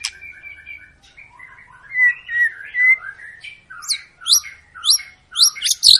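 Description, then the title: White-rumped shama song starting with level whistles and warbling, then loud repeated whistled phrases about every half second. Long lure recording of an active, persistently singing bird, meant to prompt other birds to sing. "Pancingan Murai Batu Gacor Panjang"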